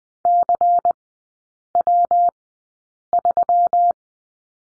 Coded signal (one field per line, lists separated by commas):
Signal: Morse code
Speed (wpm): 20 wpm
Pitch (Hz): 700 Hz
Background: none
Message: CW3